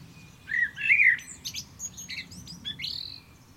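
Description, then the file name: Common blackbird singing a mellow whistled phrase, followed by a run of thin, high, scratchy twittering notes. "Turdus merula"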